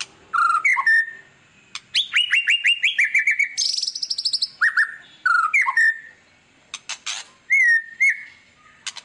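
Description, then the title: White-rumped shama song: loud varied phrases of clear whistles, rapid trills and sharp chips, switching between low and high notes with short pauses. Song played as a lure to draw a response from other birds; described as an actively singing ('gacor') bird. "PANCINGAN MEWAH MURAI BATU GACOR, SEKALI DENGAR AMPUH LANGSUNG RESPON"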